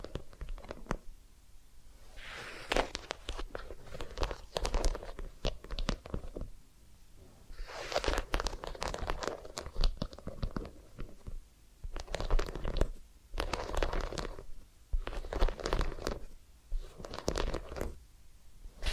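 Massage and ear cleaning sounds come in bursts of rubbing and crackling scratches, with dense clusters of sharp clicks around 2–5, 8–10, 12–14 and 15–17 seconds. Quieter pauses separate the bursts, and a low steady murmur runs underneath throughout.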